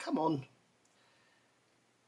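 Someone talks briefly while lining up the teeth of a 1/16-scale 3D-printed M3/M3 A1 track from AFV Modeller on its sprocket, which is clipped together rather than glued. After about half a second the speech stops, leaving only a faint, steady low background hiss. The track has not clicked into place yet.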